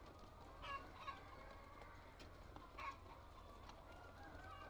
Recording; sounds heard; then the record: poultry house recording; healthy chickens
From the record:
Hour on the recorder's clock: 6